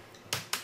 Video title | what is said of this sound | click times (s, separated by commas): Laptop screen replacement / How to replace laptop screen Gateway NV55C 56u | You have to get your finger underneath this plastic guard and kind of pull until you hear a pop. | 0.3 s, 0.5 s